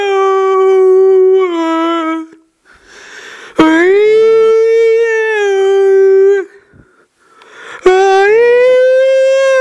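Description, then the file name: Orangutan song: long, rich harmonic tones, most swooping upward and then holding level, in three phrases separated by brief gaps. Song, 7 July 2013. "130707 Orang utan song"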